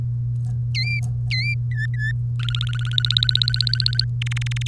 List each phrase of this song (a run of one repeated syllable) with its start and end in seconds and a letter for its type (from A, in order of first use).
0.75-0.99 A, 1.31-1.54 A, 1.71-2.12 B, 2.39-4.04 C, 4.21-4.68 D